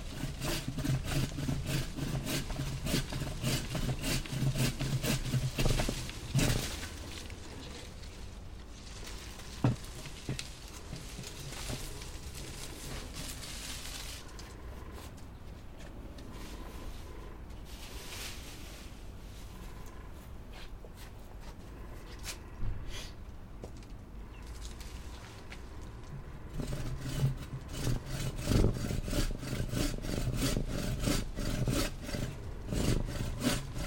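Two small apple trees are being cut down in a backyard. A low, rough motor drone runs through the first six seconds and returns after about 27 seconds. Between those stretches come dense crackling and snapping, with sharp cracks near 6 and 10 seconds.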